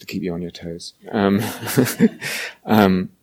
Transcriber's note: laughter